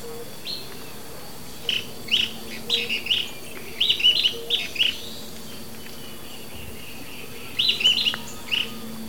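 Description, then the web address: Sooty-headed tyrannulet song: short bursts of quick, high chattering notes, given in several brief phrases separated by pauses of half a second to a few seconds. Ecuador. "Natures Songs S America Birds of Ecuador. Sooty-headed Tyrannulet"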